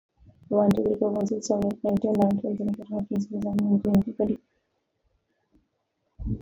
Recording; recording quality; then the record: counting at a fast pace; poor, much background noise or distortion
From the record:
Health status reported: COVID-19 positive, mild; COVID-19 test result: positive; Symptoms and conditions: cough, fatigue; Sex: female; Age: 37 years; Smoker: not ticked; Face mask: worn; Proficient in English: yes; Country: India